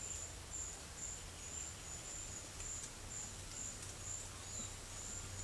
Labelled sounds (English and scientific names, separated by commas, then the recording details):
none
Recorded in secondary vegetation near Puerto Asís, Putumayo, Colombia, on 22 December 2024 at 12:00
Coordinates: 0.488, -76.319
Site GP04